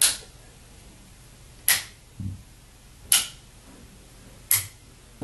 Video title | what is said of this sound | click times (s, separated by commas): FasTest Inc MBE Connector Maintenance | will actuate the sleeve will actuate and you will hear a snapping sound that | 0.0 s, 1.7 s, 3.1 s, 4.5 s